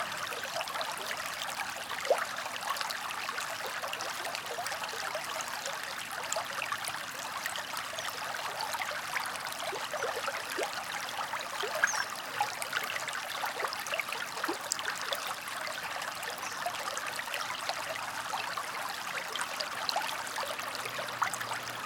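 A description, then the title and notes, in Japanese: A small urban river babbles steadily over shallow stones, a dense, even rush of water that holds the same level throughout. Quick little splashes and bubbling ticks pop up constantly through the bright, hissing flow. 世田谷付近の野川のせせらぎです。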